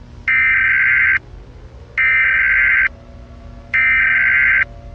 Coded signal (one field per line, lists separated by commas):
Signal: Emergency Alert System (SAME) tones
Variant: header bursts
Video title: EAS EMERGENCY BROADCAST: DO NOT LOOK AT THE STARS